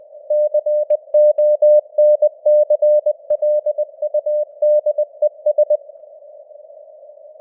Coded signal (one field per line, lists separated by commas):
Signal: Morse code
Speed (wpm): 20 wpm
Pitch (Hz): 600 Hz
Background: none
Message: CONCLUDES